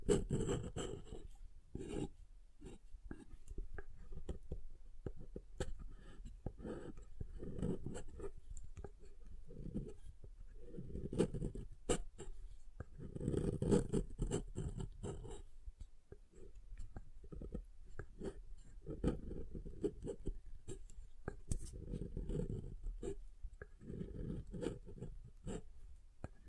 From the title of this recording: SoftHard Soap Tapping and Carving